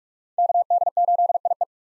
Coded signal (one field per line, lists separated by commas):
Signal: Morse code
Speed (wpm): 41 wpm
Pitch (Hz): 700 Hz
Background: none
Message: KD8IE